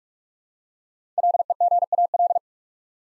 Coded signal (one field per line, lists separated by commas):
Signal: Morse code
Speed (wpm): 44 wpm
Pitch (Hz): 700 Hz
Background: none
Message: LEGAL